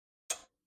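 A new torque wrench set to 25 ft-lb tightens a cylinder head bolt on a small engine. A single sharp, bright click is heard at 0.3 s and fades quickly. The wrench clicks at its setting, confirming the bolt reached torque.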